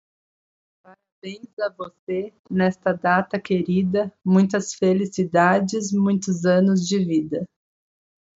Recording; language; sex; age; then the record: short text; Brazilian Portuguese; female; 30 to 39 years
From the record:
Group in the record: control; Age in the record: 30 years